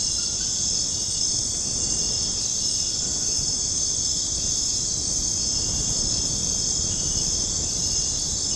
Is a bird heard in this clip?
no